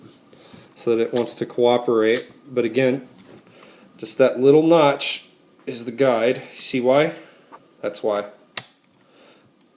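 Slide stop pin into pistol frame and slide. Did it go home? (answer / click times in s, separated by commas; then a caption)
yes / 8.6 s. During reassembly of a STAR Model "P" .45 ACP pistol, the slide stop pin is pushed back through the frame and slide, with the slide worked back and forth to line the pin up with the guide notch. Someone talks throughout, and a single sharp metallic snap is heard at 8.6 s. The pin snaps into place in the frame and slide.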